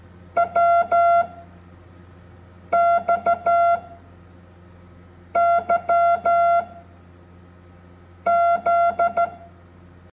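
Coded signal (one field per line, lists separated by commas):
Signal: Morse code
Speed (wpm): 14 wpm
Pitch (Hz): 690 Hz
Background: none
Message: WXYZ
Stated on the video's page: Morse code English alphabet from A to Z.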